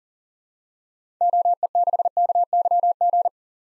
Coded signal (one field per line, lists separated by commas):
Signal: Morse code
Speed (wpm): 40 wpm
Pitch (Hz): 700 Hz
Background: none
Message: OE6KYG